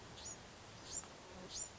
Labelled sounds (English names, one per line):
Bewick's Wren